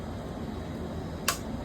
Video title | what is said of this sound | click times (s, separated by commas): June 9, 2026 | That's a click. | 1.3 s